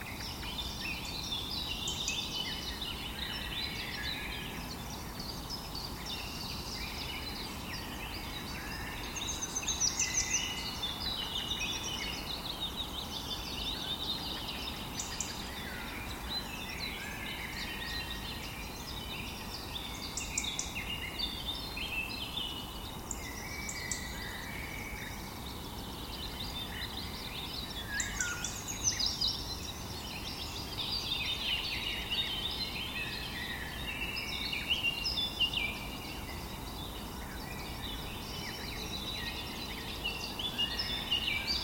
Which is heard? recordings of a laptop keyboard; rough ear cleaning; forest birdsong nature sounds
forest birdsong nature sounds